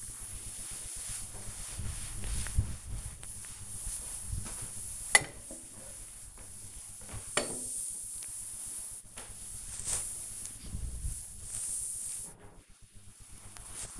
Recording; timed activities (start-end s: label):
household activities, microphone on the right wrist
0.00-13.99 s: cleaning table